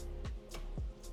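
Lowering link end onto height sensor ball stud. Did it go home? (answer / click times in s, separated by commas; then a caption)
no / none. The upper end of a front lowering link on a 971 Panamera, made a little longer so the car drops an equal amount front and rear, is handled toward its height sensor ball stud. Soft handling knocks and low thumps sound around 0.3, 0.5 and 0.8 seconds over a steady background hum. Nothing has seated or clicked yet.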